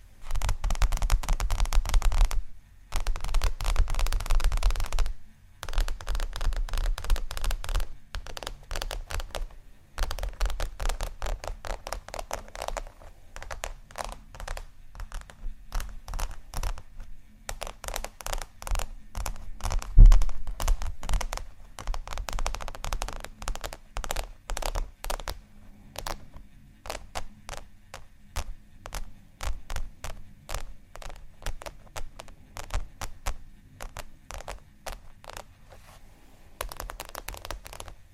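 Scratching and tapping on a textured surface, a dense run of quick crackly strokes and clicks lasting the whole clip. The first ten seconds carry a heavier low rumble, broken by brief pauses; one sharp tap stands out near twenty seconds.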